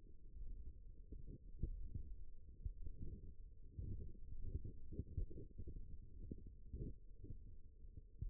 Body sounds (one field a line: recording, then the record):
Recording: forearm muscle sounds (acoustic myography)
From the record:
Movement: thumb flexion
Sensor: system 1, eight BSWA MPA416 microphones around the upper forearm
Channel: 7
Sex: female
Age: 20 years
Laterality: right